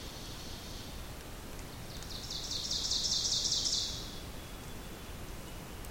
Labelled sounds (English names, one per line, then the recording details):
Ovenbird song
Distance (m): 40 m
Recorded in boreal forest in Alberta, Canada, on 2 June 2016 at 05:50
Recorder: SongMeter 3, array SBT-3-7
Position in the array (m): 196 m, 1 m
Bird 6